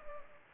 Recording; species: mosquito wingbeat signal from an infrared sensor; Culex pipiens